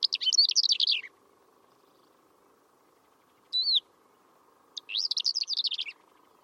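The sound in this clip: Bird chirping in two rapid, trilled bursts of high twittering notes about a second long, with a single short note between them, over a faint steady hum.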